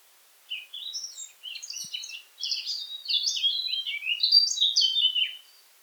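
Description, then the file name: Eurasian blackcap song, a fast run of varied chattering and warbled notes that grows louder and richer over about five seconds. "Sylvia atricapilla"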